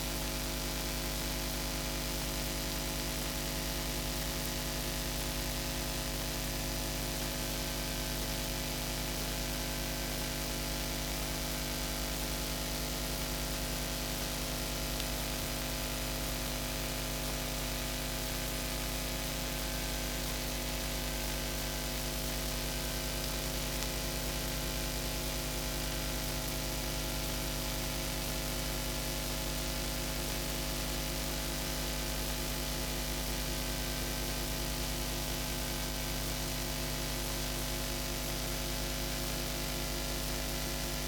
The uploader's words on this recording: Episode 04 from the COVID-19 Electromagnetic Sound Diary by sound artist and composer Julio Cesar Palacio. This time I’ve decided to focus into the invisible and inaudible atmospheric soundscape by recording a diary of the electromagnetic VLF radio waves during these times.